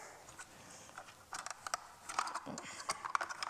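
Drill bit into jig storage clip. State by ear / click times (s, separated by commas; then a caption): not seated / none. A drill bit is worked awkwardly from the back into the onboard storage clip of a Kreg Pocket Hole Jig 720. Light scraping, rattling and sharp handling ticks are heard, the loudest near 3.2 s. The clip ends before the bit goes home, so nothing has seated or clicked yet.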